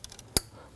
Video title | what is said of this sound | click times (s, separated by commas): How to Replace Right Valve Cover 2013-2019 Ford Police Interceptor Utility 3.7L V6 | Press it on. You're going to hear and feel it lock into place. | 0.4 s